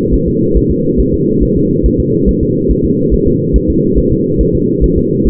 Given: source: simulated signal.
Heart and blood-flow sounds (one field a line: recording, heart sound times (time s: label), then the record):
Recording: fetal heart sounds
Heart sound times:
0.14 s: S1
0.28 s: S2
0.57 s: S1
0.71 s: S2
1.00 s: S1
1.14 s: S2
1.43 s: S1
1.57 s: S2
1.86 s: S1
2.00 s: S2
2.29 s: S1
2.43 s: S2
2.71 s: S1
2.85 s: S2
3.14 s: S1
3.27 s: S2
3.56 s: S1
3.70 s: S2
3.98 s: S1
4.12 s: S2
4.41 s: S1
4.55 s: S2
4.84 s: S1
4.98 s: S2
5.27 s: S1
From the record:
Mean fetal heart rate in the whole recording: 140 bpm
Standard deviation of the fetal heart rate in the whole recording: 2 bpm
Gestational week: 34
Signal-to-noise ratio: -11.2 dB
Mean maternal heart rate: 72 bpm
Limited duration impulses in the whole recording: present